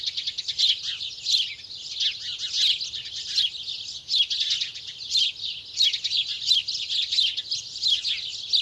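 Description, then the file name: House sparrows chirping in a dense, restless chatter, with little else audible. "Passer domesticus"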